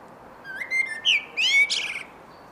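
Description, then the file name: Common blackbird phrase: a few clear whistled notes near the same pitch, then a squeaky, high twittering flourish, over a light background hiss. "Turdus merula"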